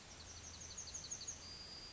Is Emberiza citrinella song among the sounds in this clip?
yes